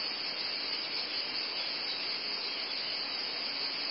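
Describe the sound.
A constant high cicada whine, harsh and hissing, sustained at the same level from start to finish.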